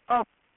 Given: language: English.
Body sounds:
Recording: throat vibration sensor signal played as sound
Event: speech

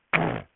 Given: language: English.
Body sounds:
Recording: throat vibration sensor signal played as sound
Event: throat clearing

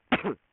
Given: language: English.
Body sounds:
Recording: throat vibration sensor signal played as sound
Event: cough

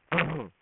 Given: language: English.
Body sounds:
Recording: throat vibration sensor signal played as sound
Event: throat clearing

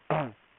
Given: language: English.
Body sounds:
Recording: throat vibration sensor signal played as sound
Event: throat clearing

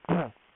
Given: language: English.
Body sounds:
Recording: throat vibration sensor signal played as sound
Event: throat clearing

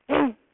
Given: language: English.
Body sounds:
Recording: throat vibration sensor signal played as sound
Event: throat clearing

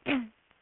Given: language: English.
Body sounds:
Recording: throat vibration sensor signal played as sound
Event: throat clearing

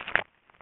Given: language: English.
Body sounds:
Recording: throat vibration sensor signal played as sound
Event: swallow

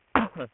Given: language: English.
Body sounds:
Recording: throat vibration sensor signal played as sound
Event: cough

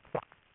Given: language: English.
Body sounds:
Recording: throat vibration sensor signal played as sound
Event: swallow

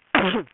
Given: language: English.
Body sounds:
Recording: throat vibration sensor signal played as sound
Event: cough

